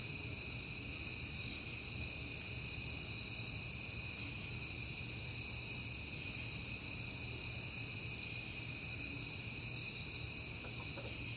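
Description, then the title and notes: Many crickets trilling together in a constant high shimmer, accompanied by faint low background rumble. Crickets recorded on a peaceful night in September. "Night Time: Crickets and Passing Cars. It is September and I have been hearing the crickets a lot, but finally had a peaceful night to make the recording"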